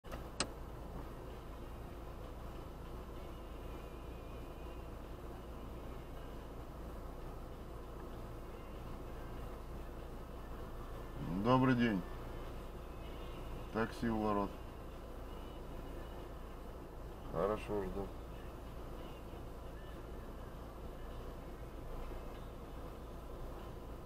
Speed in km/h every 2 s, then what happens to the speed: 0, 0, 0, 0, 0, 0, 0, 0, 0, 0, 0, 0.
0-24 standing.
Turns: none.